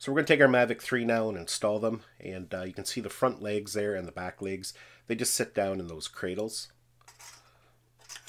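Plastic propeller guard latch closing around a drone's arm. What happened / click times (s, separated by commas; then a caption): Handled, not yet home: no clear latch click yet / none. A plastic propeller guard is fitted to a DJI Mavic 3 drone, with the drone's front and back legs set down into the guard's plastic cradles while someone talks. A few faint handling taps follow around 7.0–7.1 s and 8.3 s, but the guard's latch has not clicked shut and nothing has seated yet.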